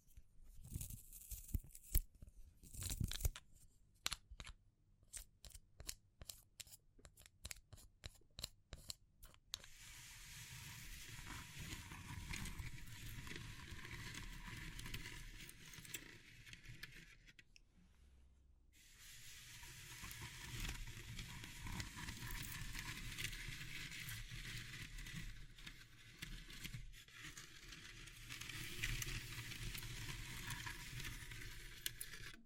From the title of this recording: Natural Triggers Wood, Bamboo and Straw